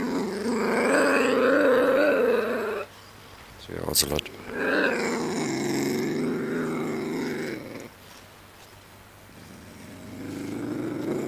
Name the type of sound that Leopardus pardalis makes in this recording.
call